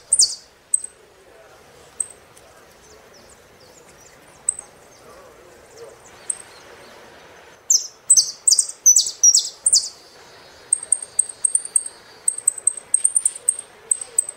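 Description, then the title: Saffron finch song: sparse high chips, then a burst of loud downslurred notes and short chattering phrases, ending in quick high repeated chips. "Jilguero Argentino"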